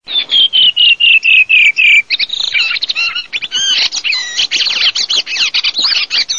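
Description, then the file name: Redwing song: a run of clear notes stepping steadily down in pitch, followed by a fast, scratchy twittering warble of varied chirps. "SASSELLOcarlo"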